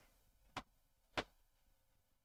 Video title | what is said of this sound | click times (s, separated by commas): 🔴 LIVE - Essential Oils for Confidence, Vitality and Courage | There was a slight snap, but it snapped on. | 0.6 s, 1.2 s